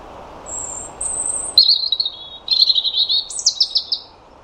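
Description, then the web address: European robin singing: a sustained thin, high note, then wavering lower phrases, ending in a stuttering run of high notes. "Deverinetal 2025 File origin Bird Only Er Ru"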